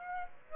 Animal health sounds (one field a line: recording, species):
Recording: mosquito wingbeat signal from an infrared sensor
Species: Aedes aegypti